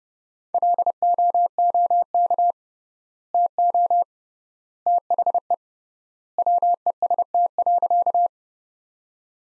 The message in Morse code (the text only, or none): LOOK TO THE WEST.